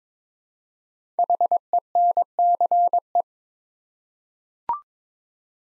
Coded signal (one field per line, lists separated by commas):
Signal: Morse code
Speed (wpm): 22 wpm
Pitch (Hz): 700 Hz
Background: none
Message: HENCE